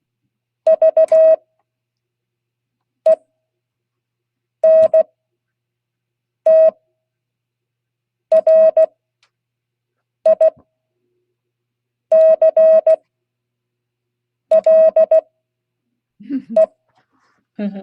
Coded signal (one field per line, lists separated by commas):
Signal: Morse code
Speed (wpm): 16 wpm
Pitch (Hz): 640 Hz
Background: speech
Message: VENTRICLE